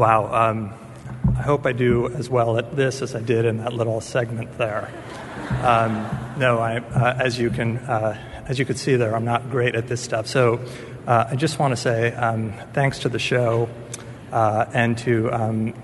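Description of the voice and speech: An adult man who stutters gives a quick award acceptance speech, racing through it with frequent 'um' fillers used to avoid stuttering, plus stretched sounds and a phrase restart, fitting mild covert stuttering.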